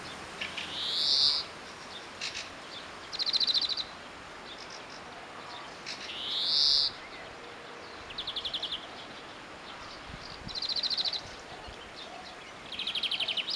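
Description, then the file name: European greenfinch calling, two drawn-out rising wheezes about five seconds apart, mixed with short rapid buzzy trill bursts throughout over steady hiss. "Chloris chloris"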